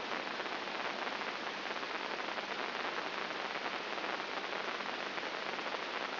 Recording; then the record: brain microelectrode recording played as sound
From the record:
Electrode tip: inside the subthalamic nucleus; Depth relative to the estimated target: -2 mm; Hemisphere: left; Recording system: AlphaMap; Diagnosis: Parkinson's disease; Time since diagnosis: 7 years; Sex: female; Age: 55 years